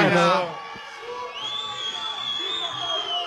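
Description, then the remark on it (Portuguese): A crowd of Corinthians fans cheers and whoops in a fairly thin, modest burst that starts loud and settles into steady hubbub, with a long high whistle-like tone running through the second half. “Fraco, a menor torcida.”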